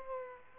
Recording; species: mosquito wingbeat signal from an infrared sensor; Culex pipiens